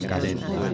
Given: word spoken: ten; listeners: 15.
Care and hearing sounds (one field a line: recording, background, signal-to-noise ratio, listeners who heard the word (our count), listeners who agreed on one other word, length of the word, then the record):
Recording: one Spanish word in noise, from a listening test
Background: eight-talker babble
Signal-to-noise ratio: -1.4 dB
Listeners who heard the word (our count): 0 of 15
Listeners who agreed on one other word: 7 of 15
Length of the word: 0.34 s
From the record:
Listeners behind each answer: 7, 4, 1, 1, 1, 1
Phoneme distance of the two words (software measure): 38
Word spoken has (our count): 1 syllable, 3 phonemes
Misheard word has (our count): 3 syllables, 7 phonemes, stress on syllable 2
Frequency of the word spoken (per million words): 7.05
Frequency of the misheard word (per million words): 25.18